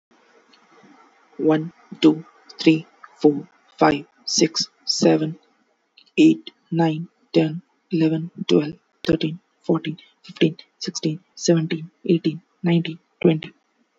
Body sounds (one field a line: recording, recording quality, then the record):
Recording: counting at a normal pace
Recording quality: excellent, no background noise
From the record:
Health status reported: healthy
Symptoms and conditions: hypertension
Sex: male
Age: 28 years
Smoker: not ticked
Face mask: not worn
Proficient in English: yes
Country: India